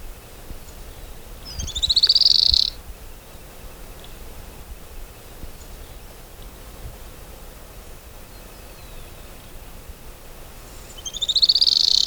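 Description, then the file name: Streak-backed canastero song: a high, rapid trill lasting about a second, rising briefly then holding steady, given twice roughly nine seconds apart over quiet background hiss. Santa Marta subspecies, Asthenes wyatti sanctaemartae. "Canastero rayado - Asthenes wyatti sanctaemartae"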